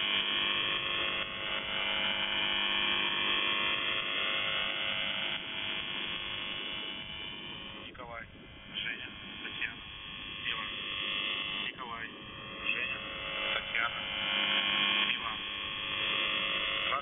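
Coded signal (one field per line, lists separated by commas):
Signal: channel marker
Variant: UVB-76 (The Buzzer)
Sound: harsh continuous low buzz with many overtones, warbling whistles partway through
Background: radio static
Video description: "The Buzzer" is a Russian military radiostation that broadcasts on 4625 kHz.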